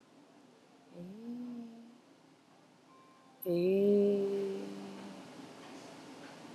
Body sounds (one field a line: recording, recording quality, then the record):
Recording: sustained vowel as in made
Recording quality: excellent, no background noise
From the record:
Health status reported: COVID-19 positive, mild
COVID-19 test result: positive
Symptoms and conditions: cough, cold, fever, muscle pain, hypertension, diabetes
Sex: female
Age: 49 years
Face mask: not worn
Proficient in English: yes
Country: India